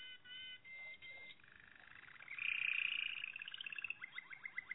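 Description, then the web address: Malinois canary song, quiet steady whistled notes giving way to a louder rolling, bubbling trill, then a run of short clipped repeated notes. "~joaopt canarios racas canto malinois"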